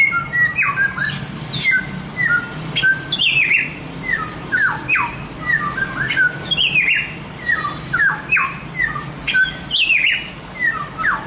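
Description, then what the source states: Chinese grosbeak song: repeated clear whistles dropping in pitch, interspersed with buzzy squawks and chirps in lively, regularly spaced phrases. Masteran song, used to train other birds to sing; Indonesian name samyong.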